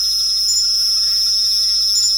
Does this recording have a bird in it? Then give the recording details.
no. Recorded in pastures near Puerto Asís, Putumayo, Colombia, on 4 March 2025 at 22:30. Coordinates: 0.497, -76.327. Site G072